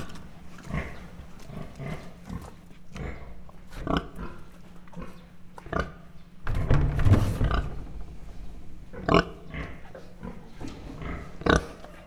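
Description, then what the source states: Mangalica pig grunting often and unevenly, with a longer rough, noisy grunt around seven seconds and sharper grunts later. Mangalica pig, standard type, grunting, recorded close-up at a zoo in Miskolc, 2009.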